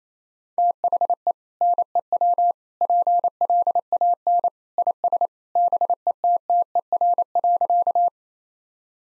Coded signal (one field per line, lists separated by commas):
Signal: Morse code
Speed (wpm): 28 wpm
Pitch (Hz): 700 Hz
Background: none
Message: THE NEW PLAN IS BETTER.